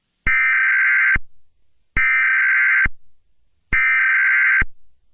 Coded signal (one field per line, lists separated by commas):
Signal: Emergency Alert System (SAME) tones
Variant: header bursts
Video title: EAS TEST 3